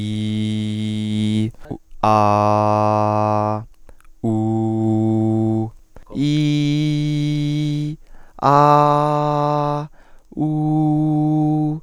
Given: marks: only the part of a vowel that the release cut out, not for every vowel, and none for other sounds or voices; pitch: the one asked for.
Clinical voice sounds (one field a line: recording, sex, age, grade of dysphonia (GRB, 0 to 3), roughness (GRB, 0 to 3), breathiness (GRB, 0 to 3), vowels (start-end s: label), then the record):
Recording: sustained vowels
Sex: male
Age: 20 to 29 years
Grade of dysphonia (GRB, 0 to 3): 0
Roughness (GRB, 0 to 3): 0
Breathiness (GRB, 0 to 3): 0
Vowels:
0.00-1.30 s: vowel /i/, normal pitch
2.21-3.46 s: vowel /a/, normal pitch
4.38-5.53 s: vowel /u/, normal pitch
6.34-7.73 s: vowel /i/, high pitch
8.67-9.75 s: vowel /a/, high pitch
10.54-11.62 s: vowel /u/, high pitch
From the record:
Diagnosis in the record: healthy voice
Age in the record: 21 years